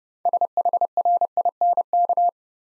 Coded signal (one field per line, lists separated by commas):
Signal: Morse code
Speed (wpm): 30 wpm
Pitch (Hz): 700 Hz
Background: none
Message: SHRINK